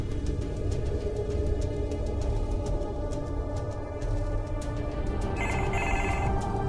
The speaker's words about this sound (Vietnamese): Có tiếng chuông điện thoại. Đó là dịch vụ trả lời tự động của ông.